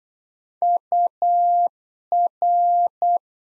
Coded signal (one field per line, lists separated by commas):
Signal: Morse code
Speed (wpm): 8 wpm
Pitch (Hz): 700 Hz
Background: none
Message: UR